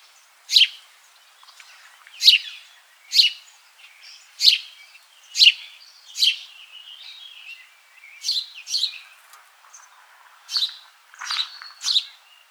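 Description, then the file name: House sparrow chirps, short bright notes repeated roughly once a second, some doubled near the end, over a quiet background. "Passer domesticus"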